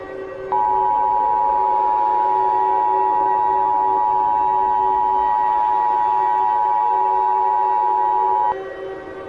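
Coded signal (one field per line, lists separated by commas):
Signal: Emergency Alert System (SAME) tones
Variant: 853 and 960 Hz attention tone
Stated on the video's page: Simulated EAS alert, a mock rather than a real broadcast, warned as loud.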